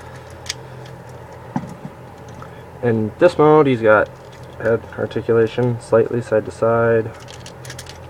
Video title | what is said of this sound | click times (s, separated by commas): Beast wars silverbolt | and it can like lock into place there | 0.5 s